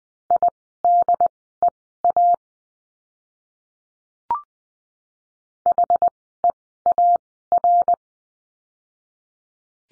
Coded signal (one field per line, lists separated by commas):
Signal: Morse code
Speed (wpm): 20 wpm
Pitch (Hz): 700 Hz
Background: none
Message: IDEA HEAR